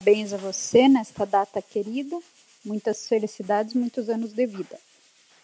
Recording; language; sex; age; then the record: short text; Brazilian Portuguese; female; 40 to 49 years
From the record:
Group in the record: control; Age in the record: 44 years